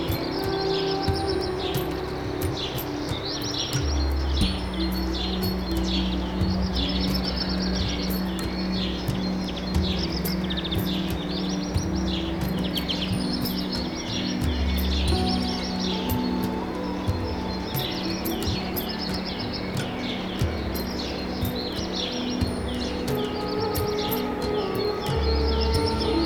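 Birds chirp and twitter almost without pause, many small bright calls overlapping high up through the whole stretch. Beneath them a steady low hum and rumble runs throughout, with a deeper drone swelling briefly around 4, 15 and 25 seconds.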